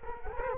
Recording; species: mosquito wingbeat signal from an infrared sensor; Culex quinquefasciatus